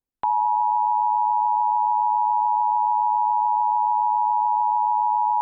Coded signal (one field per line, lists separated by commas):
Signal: Emergency Alert System (SAME) tones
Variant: 853 and 960 Hz attention tone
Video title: EAS #1022-1023: 2 EAS Required Monthly Tests- Nov. 7, 2024- 10:15AM PST